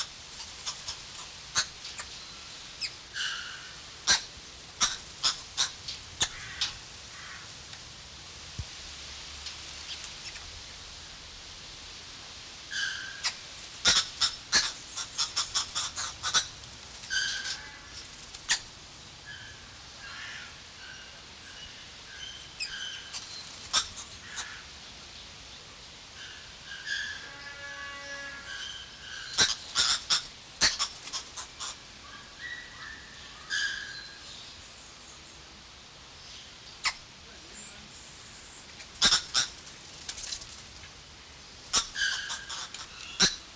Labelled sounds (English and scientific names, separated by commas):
Green Woodhoopoe (Phoeniculus purpureus) call